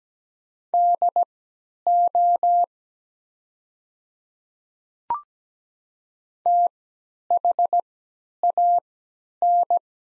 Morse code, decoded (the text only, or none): DO THAN